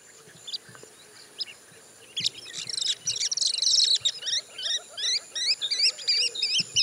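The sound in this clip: Bird song: lively twittering that builds into rapid runs of repeated rising, high whistled notes, with a thin steady high tone running underneath.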